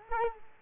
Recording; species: mosquito wingbeat signal from an infrared sensor; Culex quinquefasciatus